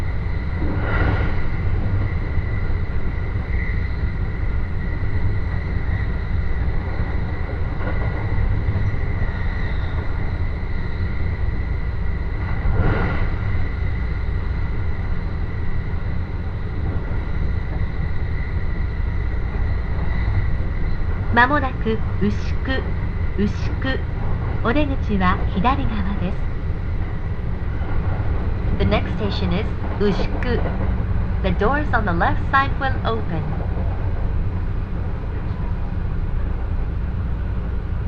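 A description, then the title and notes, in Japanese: A Joban Line local train rolls with a steady low rumble and faint hum, while voices speak in bursts around twenty-two and thirty seconds. 耳で楽しむ鉄道旅 常磐線普通 石岡→土浦→取手。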